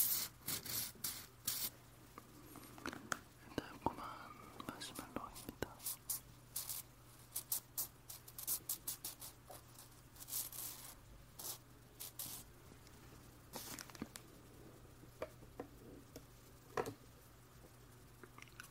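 Someone eats marshmallows, making soft, sticky, wet mouth clicks and smacks that come in quick irregular bursts throughout. A faint whisper or breathy sound slips in near the start, over a constant low hum.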